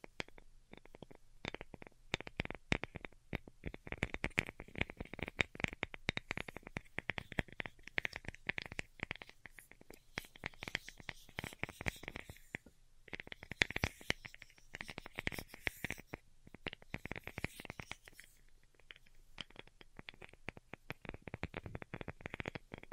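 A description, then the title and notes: Delicate tapping runs throughout, a dense, quick patter of light taps with crisp, bright tops and a faint low thud under each. The rhythm is irregular, thinning briefly around 12 seconds and again near 18 seconds before resuming just as busily. ASMR DELICATE Tapping for Sleep (No Talking).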